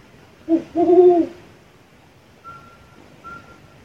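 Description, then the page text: Brown wood owl giving a short low hoot, then a longer deep, slightly wavering hoot; thin steady whistled tones follow twice in the background. "Strix leptogrammica"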